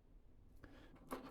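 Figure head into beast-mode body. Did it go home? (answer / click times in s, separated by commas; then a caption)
yes / 1.1 s. The head of a Transformers Age of the Primes Leader Class Onyx Prime plastic action figure is folded down into its beast-mode body during transformation. After a faint tap at 0.6 s, a small sharp click sounds at 1.1 s as the head seats into place.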